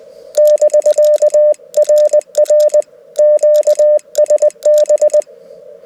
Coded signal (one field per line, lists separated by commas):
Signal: Morse code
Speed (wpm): 20 wpm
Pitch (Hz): 600 Hz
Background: none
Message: <BK> RR QSB